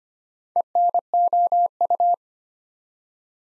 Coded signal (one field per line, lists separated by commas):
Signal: Morse code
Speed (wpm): 25 wpm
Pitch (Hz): 700 Hz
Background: none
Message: ENOU